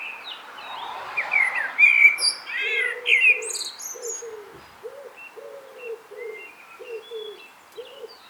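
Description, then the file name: Common blackbird warbling loud flutelike phrases with high squeaks, while another bird repeats short, low hooting notes. "Turdus merula"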